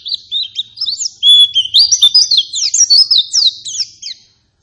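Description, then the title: White-eye song: a lively, high twittering stream of sharp chirps and thin whistled slurs that builds in loudness, then stops near the end. Persistent 'gacor' lure song meant to make any white-eye respond and answer. "Pleci Gacor. Apapun plecinya AKAN LANGSUNG MERESPON dan NYAUT dengan pancingan pleci ngotot ini"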